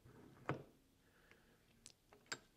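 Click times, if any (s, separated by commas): none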